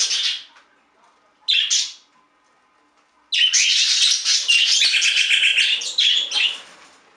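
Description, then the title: Budgerigar calls: two short chirps separated by pauses, then a sustained high, scratchy warble with rapid chirps for about three seconds. "Budgie Sounds"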